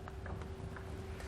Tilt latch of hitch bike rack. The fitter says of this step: you pull it and you'll hear the audible click which means you can tilt it away and get to the back